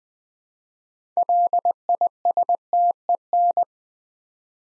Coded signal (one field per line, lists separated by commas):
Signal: Morse code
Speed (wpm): 20 wpm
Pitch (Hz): 700 Hz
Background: none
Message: LISTEN